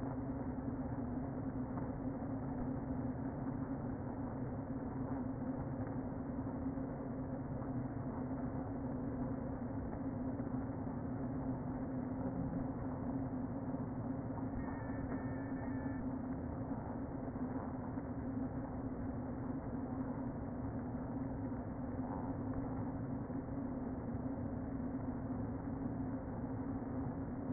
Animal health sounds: honeybee colony, microphone inside the hive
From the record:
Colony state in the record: queen present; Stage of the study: before two queens were removed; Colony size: about 60,000 bees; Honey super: yes

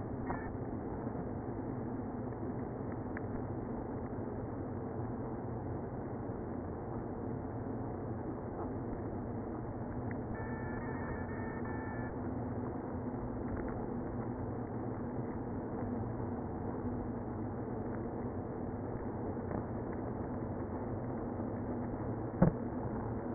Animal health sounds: honeybee colony, microphone inside the hive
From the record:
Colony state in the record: queenless (queen removed); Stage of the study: after two queens were removed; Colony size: about 60,000 bees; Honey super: yes

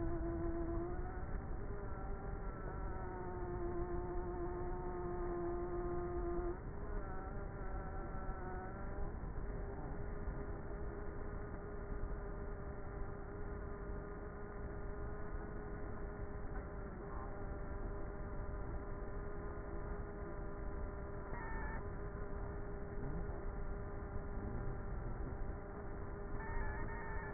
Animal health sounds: honeybee colony, microphone inside the hive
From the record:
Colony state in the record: queenless with a low population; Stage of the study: before two queens were removed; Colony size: about 30,000 bees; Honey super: no

